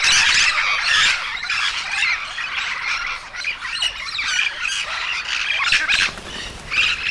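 Yellow-shouldered parrots screeching together, overlapping grating calls almost without pause, briefly thinning mid-way before swelling again.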